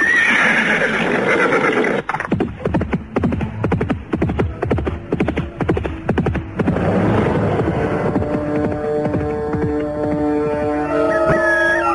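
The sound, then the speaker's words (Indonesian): A horse whinnies with a high, wavering cry, then hooves clip-clop in a quick, uneven run of sharp knocks, followed by sustained tonal sounds near the end. No one speaks. “Naiklah ke kuda itu dan pulang.”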